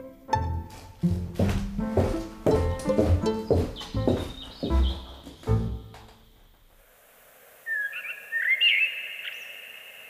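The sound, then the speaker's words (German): Instrumental music plays, then fades into quiet where blackbirds sing clear, fluting, warbling phrases in short bursts, rising and falling in pitch, on an April evening in spring. “Im grünlichen Licht eines Aprilabends flöteten Amseln das alte Triumphlied des Lebens.”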